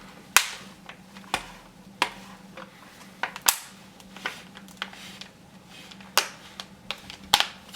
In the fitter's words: and you will hear it click together.